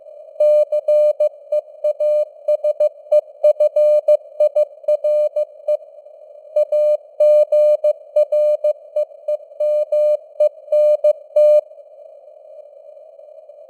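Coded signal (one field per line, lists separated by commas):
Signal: Morse code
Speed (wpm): 15 wpm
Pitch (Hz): 600 Hz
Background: none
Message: CEASEFIRE AGREEMENT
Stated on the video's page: Computer-generated 15 wpm Morse news headlines with simulated radio noise and varying signal strength (QSB).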